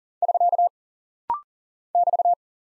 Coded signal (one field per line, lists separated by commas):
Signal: Morse code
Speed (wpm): 40 wpm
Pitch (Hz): 700 Hz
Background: none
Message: <SK> <BT>